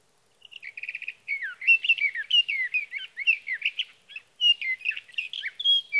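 Sage thrasher song: rapid repeated notes lead into a long, rambling warble of varied whistled phrases, with a brief pause midway before it continues.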